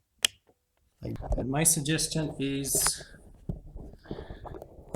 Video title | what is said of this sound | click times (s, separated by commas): Eufy robovac failure - won't charge red light won't work - how to replace the battery | just press it down until it clicks | 0.2 s